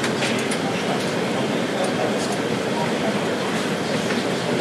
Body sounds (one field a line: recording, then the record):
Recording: background sound without coughing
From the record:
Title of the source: Office Sounds Ambience - Background Noise for Study and Work